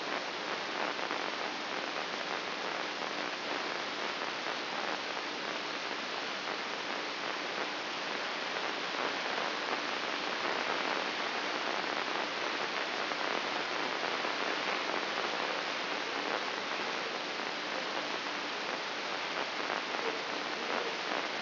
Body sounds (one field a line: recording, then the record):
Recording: brain microelectrode recording played as sound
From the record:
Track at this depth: inside the subthalamic nucleus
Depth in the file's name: 6.261 mm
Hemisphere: left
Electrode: 3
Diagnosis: Parkinson's disease